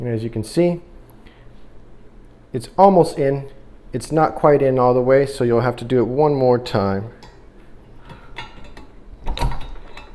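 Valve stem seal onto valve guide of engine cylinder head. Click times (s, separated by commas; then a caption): 9.4 s. A valve stem seal is pushed onto the valve guide of a 2JZ-GE engine cylinder head. Someone talks while the first push leaves it not quite in, then after a few small knocks a sharp snap at 9.4 s marks the seal seating fully on the guide.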